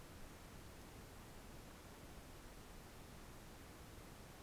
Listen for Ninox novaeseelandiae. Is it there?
no